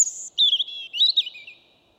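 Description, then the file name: European robin song phrase: a thin, very high sustained note, then a quick tumbling warble dropping lower and fading out, on a quiet background. "Erithacus rubecula"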